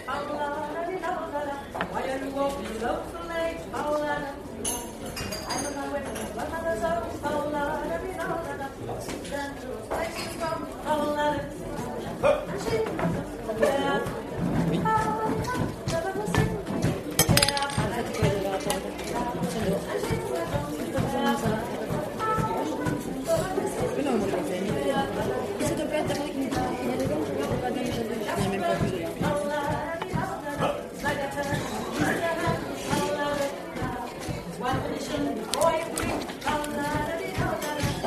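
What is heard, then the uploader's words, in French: A lively bar ambience, dense with overlapping voices talking at once. The murmur stays steady throughout, with scattered clinks of glasses and dishes and a few brighter bursts of laughter or exclamation. Kerry's bar a théme une chouette ambiance dans ce bar !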